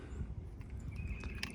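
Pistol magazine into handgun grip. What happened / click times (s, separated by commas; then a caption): The metal magazine latched into place / 1.4 s. A metal pistol magazine is pushed into a handgun grip and given a hit from the bottom so it seats, over a low rumbling background with a few faint handling ticks around 0.6 s, 0.7 s and 1.2 s. A sharp, loud click at 1.4 s marks the magazine seating in the grip.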